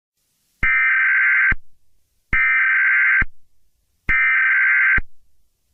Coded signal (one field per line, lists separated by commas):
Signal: Emergency Alert System (SAME) tones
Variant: header bursts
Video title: EAS Scenario #4: South Park